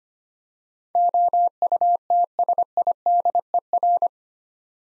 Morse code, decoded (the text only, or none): OUTSIDER